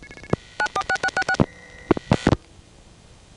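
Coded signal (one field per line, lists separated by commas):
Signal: DTMF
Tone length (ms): 60 ms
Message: 946666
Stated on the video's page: Narrated phone tape of New York City routings.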